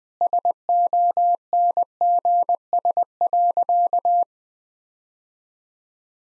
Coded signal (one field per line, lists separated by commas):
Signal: Morse code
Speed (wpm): 20 wpm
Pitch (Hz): 700 Hz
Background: none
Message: SONGS.